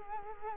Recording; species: mosquito wingbeat signal from an infrared sensor; Culex quinquefasciatus